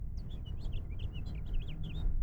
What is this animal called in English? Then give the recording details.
House Finch. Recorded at Oceanside on Long Island, New York, on 17 June 1975. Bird E